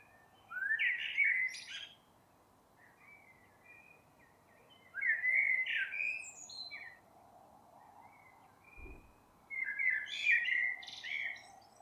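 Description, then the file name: Eurasian blackbird singing three separate mellow, fluting phrases spaced roughly four to five seconds apart, each trailing into faint high twitters; a brief click between them. "Turdus merula"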